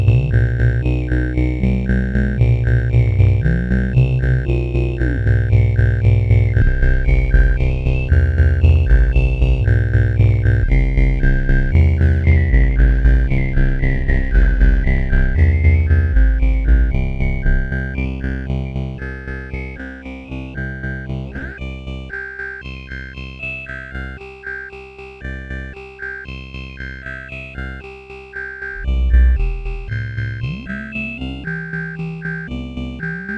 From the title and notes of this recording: Resonant Bass Drone by daemonElectricity.